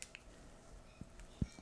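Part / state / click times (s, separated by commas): stylus pen into silicone phone case pen holder / seated / 0.0 s, 0.2 s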